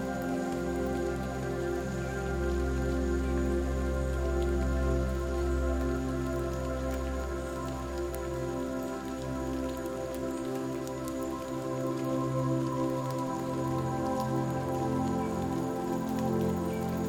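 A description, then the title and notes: Soft ambient music with rain falling on leaves in a state park. Sustained low tones and layered steady pitches hold evenly for the whole stretch, while a fine, constant patter of rain and scattered drips sits over the top at a steady level. Relaxing Music with Rain Sounds. This episode includes soothing ambient music with the sound of rain falling on leaves in Long Hunter State Park just outside of Nashville, TN.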